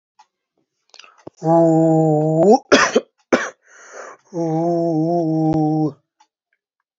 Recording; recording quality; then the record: sustained vowel as in boot; poor, much background noise or distortion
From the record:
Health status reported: healthy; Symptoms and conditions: cough, sore throat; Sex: male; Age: 26 years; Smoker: not ticked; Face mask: not worn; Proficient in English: yes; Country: India